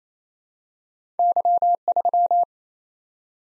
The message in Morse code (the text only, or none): Y3